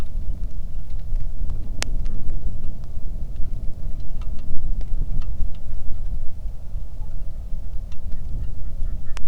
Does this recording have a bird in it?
yes